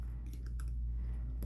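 A pick is worked under the notch of a small metal snap ring in the bore of a hydraulic release valve, part 426-604-080 from a filter press. Several faint scraping ticks come first, then a sharp tick at 1.4 s as the ring comes free. The snap ring is pried out of the valve.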